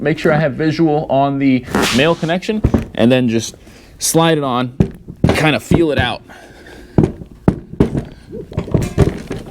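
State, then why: Seated. A power wheelchair seat from a Pride Jazzy 613 Li Evo is lined up over the male seat post and slid down onto it while someone talks. It seats with a thunk at 7.5 s, followed by a few smaller knocks. The seat doesn't rotate afterward, so it is locked in.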